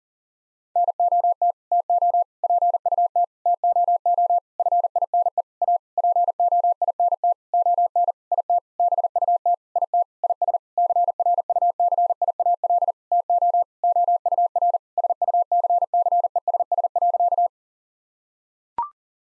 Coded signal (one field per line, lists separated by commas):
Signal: Morse code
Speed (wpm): 40 wpm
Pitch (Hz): 700 Hz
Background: none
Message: NOT TO PUT TOO FINE A POINT ON IT BUT IT IS CRUCIAL TO OUR SUCCESS.